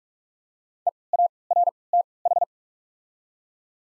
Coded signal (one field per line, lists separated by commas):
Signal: Morse code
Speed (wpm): 44 wpm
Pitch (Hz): 700 Hz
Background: none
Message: E A R T H